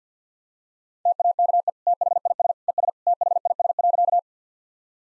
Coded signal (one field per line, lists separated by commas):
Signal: Morse code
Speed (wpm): 50 wpm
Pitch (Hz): 700 Hz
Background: none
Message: TAKE THIS ES THIS.